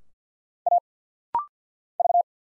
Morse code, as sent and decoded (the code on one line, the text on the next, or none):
.- / ...-
A V